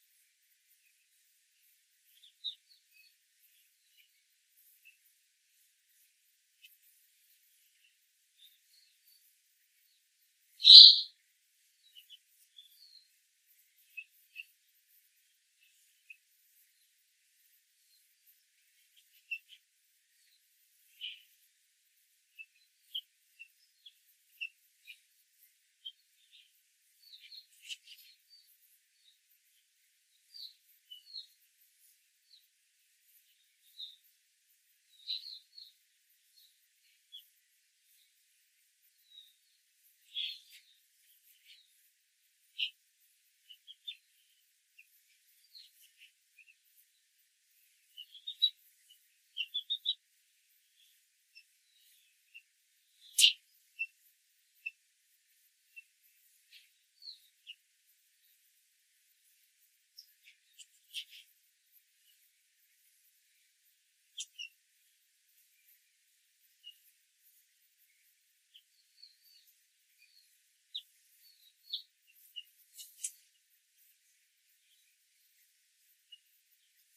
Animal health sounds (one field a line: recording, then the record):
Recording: young laying hens in a cage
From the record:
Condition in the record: control cage, after the stress test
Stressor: none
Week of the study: 4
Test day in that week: 1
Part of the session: 1